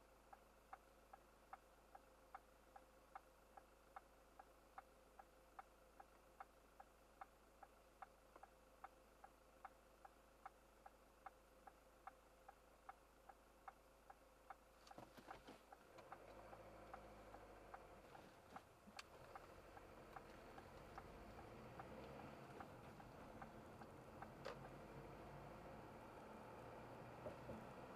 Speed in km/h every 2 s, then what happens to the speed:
0, 0, 0, 0, 0, 0, 0, 0, 12, 18, 31, 34, 41, 45.
0-15 standing. 15-25 pulls away to 45.